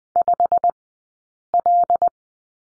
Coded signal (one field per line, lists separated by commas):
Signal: Morse code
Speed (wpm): 20 wpm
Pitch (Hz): 700 Hz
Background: none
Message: 5L